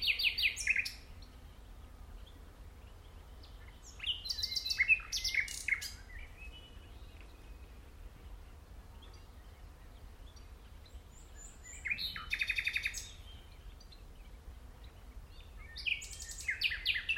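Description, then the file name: Common nightingale song in several separate bursts of rapid, varied trills and buzzy notes, with quiet gaps of several seconds between them. "Luscinia megarhynchos"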